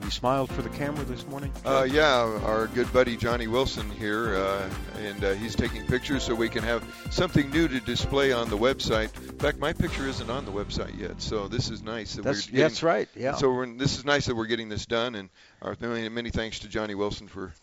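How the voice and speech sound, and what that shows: An adult man talks fluently and clearly on the Tee to Green golf radio show, with an even pace and normal voice.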